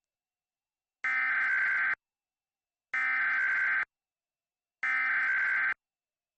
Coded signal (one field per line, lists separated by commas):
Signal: Emergency Alert System (SAME) tones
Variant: header bursts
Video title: EAS Mock #32: The Blue Moon